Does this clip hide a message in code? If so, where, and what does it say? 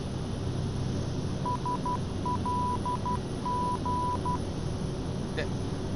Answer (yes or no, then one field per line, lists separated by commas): yes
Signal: Morse code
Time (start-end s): 1.5-4.4 s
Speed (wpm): 12 wpm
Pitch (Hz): 990 Hz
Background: speech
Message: SLG